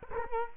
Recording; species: mosquito wingbeat signal from an infrared sensor; Culex quinquefasciatus